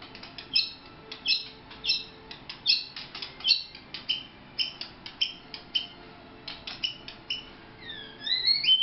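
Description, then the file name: White-rumped shama song: a steady series of clicks with short chirps, closing with swooping whistles. Vietnam. "shama vietnam omkicau"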